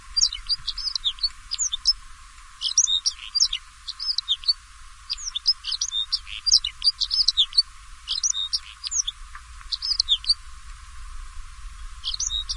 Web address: white rumped snow finch call